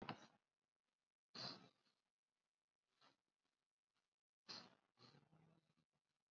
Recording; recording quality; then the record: shallow breathing; moderate, slight background noise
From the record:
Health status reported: COVID-19 positive, mild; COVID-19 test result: positive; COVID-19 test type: RT-PCR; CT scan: not taken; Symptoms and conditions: cough, cold, breathing difficulty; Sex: male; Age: 25 years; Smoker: no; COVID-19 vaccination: none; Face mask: not worn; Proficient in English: yes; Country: India